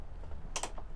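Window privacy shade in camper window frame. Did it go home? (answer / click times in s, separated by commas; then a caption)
yes / 0.6 s. A privacy shade in a truck camper window frame is pulled into position and clicks into place at 0.6 s, with a second sharp tick right after and a fainter one near 0.8 s over a low background hum. The shade is seated and stays put.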